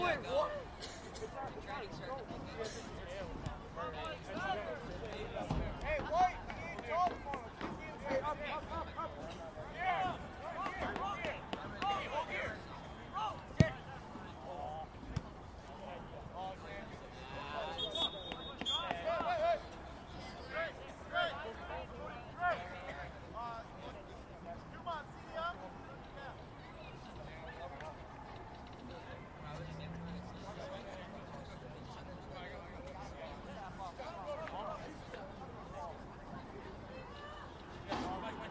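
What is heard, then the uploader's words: A soccer game: people talk and call out continuously over a low outdoor hum. Scattered sharp knocks and thumps break through, with a loud smack around the fourteenth second, and voices overlap throughout. Sweet Home High School, 1901 Sweet Home Rd. Soccer Game. This recording was taken at my high school; looking out onto the field from the bleachers.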